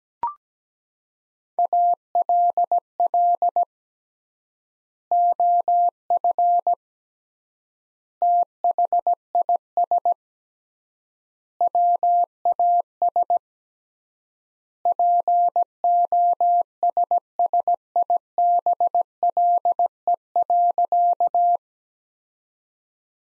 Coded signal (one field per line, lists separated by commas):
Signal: Morse code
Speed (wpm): 17 wpm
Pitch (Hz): 700 Hz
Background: none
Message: ALL OF THIS WAS POSSIBLE.